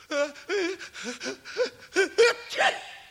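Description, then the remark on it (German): A voice acts out the sneeze of someone sick with a sore throat and fever: a string of quick, rising, breathy gasps builds up and ends in a sharp, noisy burst, with no other talking. “Am nächsten Tag hatte er Halsweh und musste ständig niesen, und Fieber hatte er natürlich auch.”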